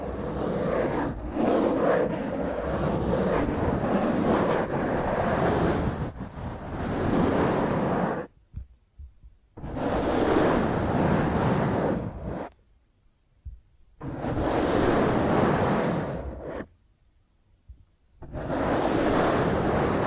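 Rough, dense scratching of fingernails across a microphone fills the first eight seconds, then continues in long bursts separated by near-silent gaps around 9, 13 and 17 seconds. The scraping is harsh and rushing, like surf or wind, with a heavy low rumble beneath.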